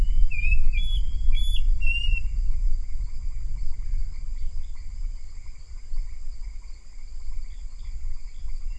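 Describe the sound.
Bird opens with a quick burst of high, jumping chirps and whistles, then falls quiet amid low rumble and a steady high hum.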